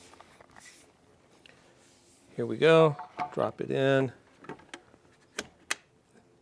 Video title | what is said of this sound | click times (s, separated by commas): Velotric Nomad 1 Review + Giveaway Announcement | Make sure you hear it snap in like that, and it's ready to go. | 5.7 s